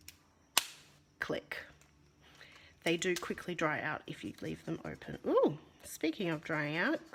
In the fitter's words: fact when you finish make sure you close and hear that click